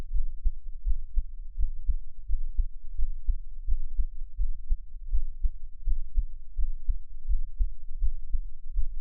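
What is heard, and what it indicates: Soft, deep thumps repeat in a steady rhythm at about 85 beats a minute, each beat a muffled lub-dub pair, over a faint low hum. This is an adult's own heartbeat heard close up for ASMR listening, with no talking.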